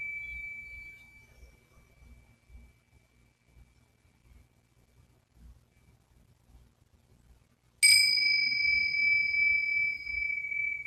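A Tibetan singing bowl rings out, its bright tone fading over two seconds, then struck again near eight seconds, shimmering steadily over soft low thumps.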